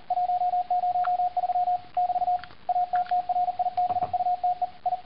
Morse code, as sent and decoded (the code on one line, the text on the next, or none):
.---- ----- ...-- / -...- / .- - - .-. .. -... ..- - . / ..
103 <BT> ATTRIBUTE I